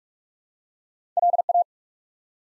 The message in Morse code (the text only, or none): LA